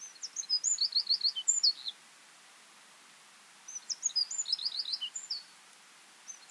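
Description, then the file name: Eurasian wren giving two brief, rapid, high trilling phrases with a pause between, and a third just starting at the end, plus a soft steady hiss. "Troglodytes troglodytes"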